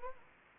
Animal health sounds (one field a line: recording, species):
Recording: mosquito wingbeat signal from an infrared sensor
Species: Anopheles gambiae